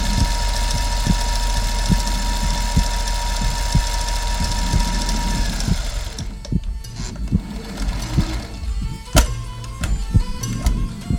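Low thumps of an adult heartbeat at about 61 beats a minute, with a whooshing murmur between beats. A steady hum runs through the first half, and the second half turns noisier with clicks and tones.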